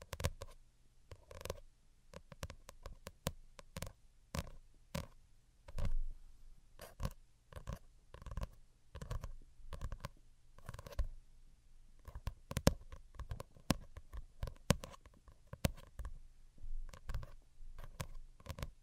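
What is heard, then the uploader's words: Light fingertip tapping, a run of crisp clicks and soft hollow knocks in loose, uneven clusters with short pauses between. Some taps land with a low, rounded thud while others are sharp and bright. The background is quiet, with a faint low hum. Most Delicate and Calming Tapping. (No Talking).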